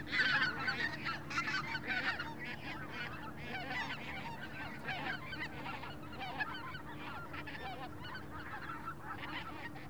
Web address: Shaping Waves - WENDLAND AUTUMN. Wendland Autumn Open Field Big Goose Swarm Passing Overhead Light Wind